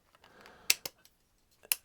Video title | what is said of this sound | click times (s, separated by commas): Star Wars Pit Droid Episode 7: Fixing the wrist test apparatus, CANbus communication | snaps into place and now the wrist is locked it won't move | 1.7 s